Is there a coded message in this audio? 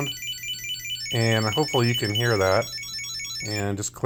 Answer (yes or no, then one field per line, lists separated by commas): no